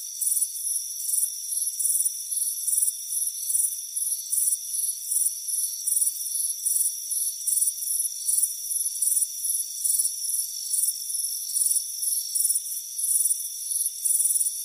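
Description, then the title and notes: Crickets chirping in a run of many high trilled bursts, over a continuous ringing drone beneath. "Soothing Crickets Chirping Sound. It's a warm afternoon as you relax in a hammock on the front porch. Relax and fall asleep to the soothing sound of chirping crickets"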